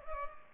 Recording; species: mosquito wingbeat signal from an infrared sensor; Culex pipiens